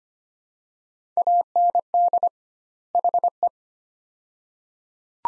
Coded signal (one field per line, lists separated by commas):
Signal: Morse code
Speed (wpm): 25 wpm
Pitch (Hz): 700 Hz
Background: none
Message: AND HE